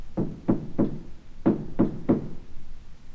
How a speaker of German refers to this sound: Der Wolf aber lief schnell nach dem Haus der Großmutter und klopfte an die Türe.